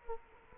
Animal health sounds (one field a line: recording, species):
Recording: mosquito wingbeat signal from an infrared sensor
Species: Culex quinquefasciatus